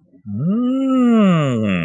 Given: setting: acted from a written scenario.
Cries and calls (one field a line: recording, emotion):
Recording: vocal sound without words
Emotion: awe